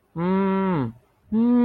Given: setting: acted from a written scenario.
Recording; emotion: vocal sound without words; distress